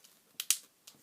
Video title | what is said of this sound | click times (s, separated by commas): Reduce, Reuse, Recycle #1 | got a click before they close you know if they closed because it fit that's | 0.4 s, 0.5 s